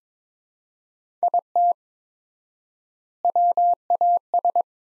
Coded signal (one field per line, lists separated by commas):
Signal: Morse code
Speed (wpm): 22 wpm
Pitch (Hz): 700 Hz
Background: none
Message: IT WAS